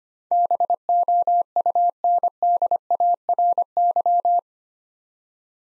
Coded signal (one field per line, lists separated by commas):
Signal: Morse code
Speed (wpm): 25 wpm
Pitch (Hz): 700 Hz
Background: none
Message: BOUNDARY